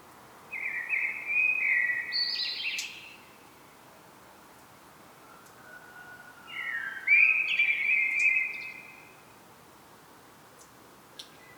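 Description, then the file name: Common blackbird singing two warbled whistling phrases separated by a quiet interval of a few seconds, the first ending in thin, high squeaks. "Turdus merula"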